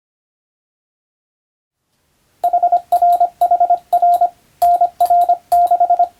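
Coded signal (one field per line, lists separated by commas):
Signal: Morse code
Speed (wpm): 25 wpm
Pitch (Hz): 700 Hz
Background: none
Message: HRHR NR6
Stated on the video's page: Morse code practice from the radiotelegraph operator exam telegram practice book, in international (English) text, meant for playback at adjustable speed.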